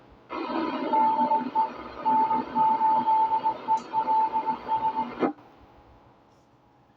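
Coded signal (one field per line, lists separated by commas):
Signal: Morse code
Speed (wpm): 19 wpm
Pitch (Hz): 880 Hz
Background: radio noise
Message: DE N8ELS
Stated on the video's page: Ragchew net heard on a repeater about fourteen miles away, received on an indoor antenna with much noise.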